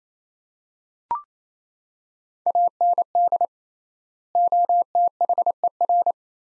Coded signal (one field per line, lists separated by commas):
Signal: Morse code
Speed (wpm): 28 wpm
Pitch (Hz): 700 Hz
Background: none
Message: AND OTHER